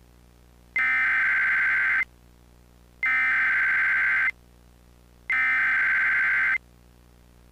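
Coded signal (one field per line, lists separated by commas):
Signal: Emergency Alert System (SAME) tones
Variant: header bursts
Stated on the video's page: Mock EAS tornado emergency.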